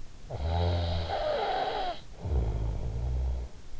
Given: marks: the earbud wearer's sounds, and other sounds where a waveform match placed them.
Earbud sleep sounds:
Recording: sounds in sleep by an in-ear microphone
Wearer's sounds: snoring breath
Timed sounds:
0.00-3.80 s: snoring breath

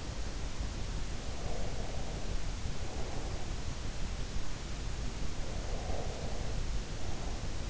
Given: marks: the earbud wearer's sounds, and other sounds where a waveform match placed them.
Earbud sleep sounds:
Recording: sounds in sleep by an in-ear microphone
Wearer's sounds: breath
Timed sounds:
1.17-3.82 s: breath
5.18-7.70 s: breath

